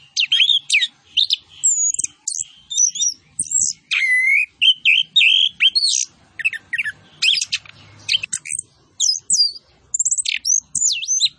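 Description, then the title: Orange-headed thrush song, busy and almost unbroken, full of varied whistles, harsh chatter and high sweeping notes, with soft low background sounds. Vigorous (gacor) singing with full fill-in phrases and 'tembakan cililin' style shots. "Anis Kembang Gacor. MASTERAN ANIS KEMBANG ISIAN FULL DENGAN TEMBAKAN CILILIN"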